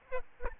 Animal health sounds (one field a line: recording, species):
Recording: mosquito wingbeat signal from an infrared sensor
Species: Aedes albopictus